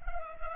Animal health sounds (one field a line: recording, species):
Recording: mosquito wingbeat signal from an infrared sensor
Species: Culex pipiens